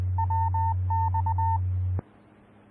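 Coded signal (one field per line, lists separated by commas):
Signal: Morse code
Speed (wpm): 20 wpm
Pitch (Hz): 900 Hz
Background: none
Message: WX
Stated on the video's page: Denver area Skywarn repeater on 146.940 MHz.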